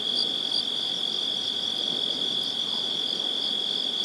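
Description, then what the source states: Insects giving a continuous high, even drone. Recorded in Joshua Tree National Park.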